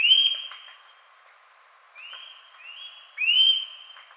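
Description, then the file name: Eurasian nuthatch calling with sweeping upward whistles, one loud, then a softer pair building to a strong final note. "Sitta europaea"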